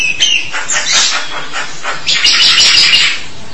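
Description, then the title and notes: Starling song, a dense run of harsh, scratchy chattering notes mixed with high squeaky whistles, continuous and busy throughout with a louder burst near the end. "suara burung jalak"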